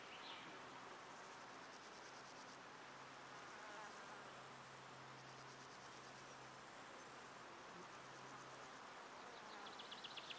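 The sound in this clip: Insect trilling in very high, steady bursts of varying length separated by short gaps, with a faint low hum and soft chirps in the background.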